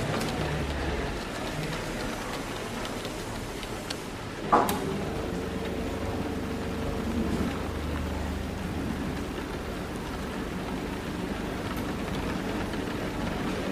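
Steady rain patters throughout, with a low rumble and a soft murmur of indistinct voices underneath. Just before the five-second mark a sharp clink rings out, likely a cup, followed by a brief lingering tone. Otherwise the texture stays even and dense.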